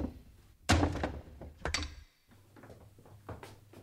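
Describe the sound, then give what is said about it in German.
A door bolted from the inside is forced open with a heavy, booming thud, followed by a couple of sharper wooden knocks and rattles, then quieter creaks and bumps as it gives way. “Die Tür ist von innen verriegelt. Sprechen Sie sie auf.”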